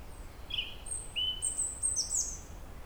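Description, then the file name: European robin song, a quick string of high, thin whistles, some sliding down, others trilled and glittering, delivered almost without pause. "Erithacus rubecula"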